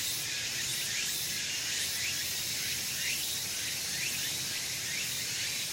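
Meimuna opalifera cicada singing a continuous shrill buzz marked by repeated upswept pulses.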